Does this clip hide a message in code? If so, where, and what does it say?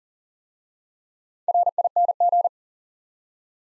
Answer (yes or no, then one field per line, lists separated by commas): yes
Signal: Morse code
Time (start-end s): 1.5-2.5 s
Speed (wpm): 40 wpm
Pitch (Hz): 700 Hz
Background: none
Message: RING